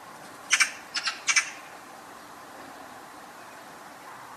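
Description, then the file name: Eurasian magpie giving a short harsh chattering call, three rasping bursts in quick succession lasting about a second, then quiet background hiss. "Pica pica"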